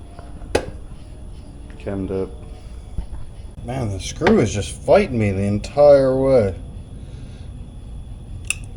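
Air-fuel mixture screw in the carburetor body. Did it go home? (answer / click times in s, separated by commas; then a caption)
no / 8.5 s. A screwdriver turns the seized air-fuel mixture screw in the old carburetor body of a 1970 Suzuki TC-120 Trail Cat, trying to back it out while someone talks. At 8.5 s the screwdriver slips with a sharp metallic snap, and the screw head strips.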